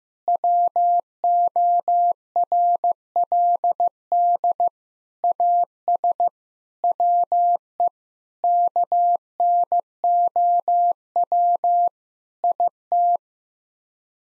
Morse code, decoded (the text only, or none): WORLD AS WE KNOW IT